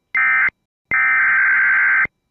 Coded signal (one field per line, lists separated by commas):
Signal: Emergency Alert System (SAME) tones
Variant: header bursts